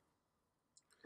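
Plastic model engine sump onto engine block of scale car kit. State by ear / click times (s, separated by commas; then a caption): seated / 0.8 s. A plastic oil sump is pressed onto the engine block of a Revell 1/25 scale '68 Chevy Chevelle model kit and clicks into place at 0.8 s with a short, sharp click, followed by a softer snap around 1.0 s. The sump is seated, though CA glue is added afterward for safety.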